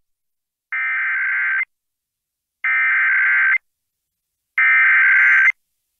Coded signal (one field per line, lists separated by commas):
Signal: Emergency Alert System (SAME) tones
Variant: header bursts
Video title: EAS Severe Thunderstorm Warning Fairbanks NorthStar Borough, Alaska NOAA Weather Radio